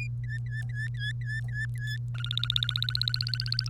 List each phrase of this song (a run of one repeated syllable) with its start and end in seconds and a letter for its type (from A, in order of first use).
0.23-1.97 A, 2.15-3.69 B